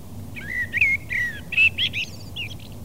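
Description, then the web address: Common blackbird song: a run of mellow, fluty warbled phrases, slurred up and down, followed by a few thinner, higher twittering notes at the end. "fugler svarttrost"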